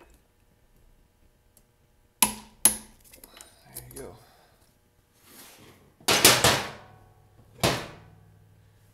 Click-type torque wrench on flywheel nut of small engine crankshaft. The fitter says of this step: tighten it till it clicks there